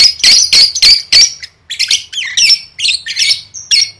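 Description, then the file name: Lovebird squawking: four loud harsh notes in steady succession, then a chattering run of shorter, twisting calls. "tieng vet mau don"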